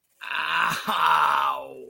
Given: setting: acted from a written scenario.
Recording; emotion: vocal sound without words; pain